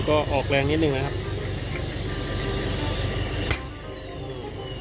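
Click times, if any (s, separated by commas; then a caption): 3.5 s. Someone talks while putting a little force on a seized threaded component that had never been removed from a Bianchi mountain bike with a stiff chain and gears that won't adjust, to take it off for cleaning, over a steady low hum. At 3.5 s the tight metal thread breaks loose with a single sharp, loud crack, showing how tight it was, and the component comes free.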